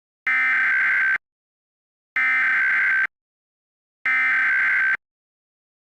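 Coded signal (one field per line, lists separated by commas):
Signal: Emergency Alert System (SAME) tones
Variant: header bursts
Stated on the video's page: Fictional EAS scenario, not a real alert.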